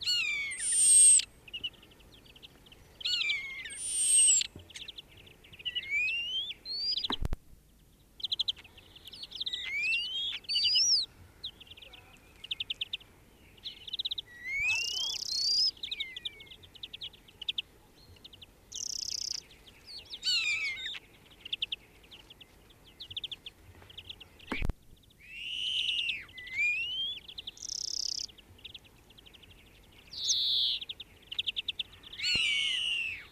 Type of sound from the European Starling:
song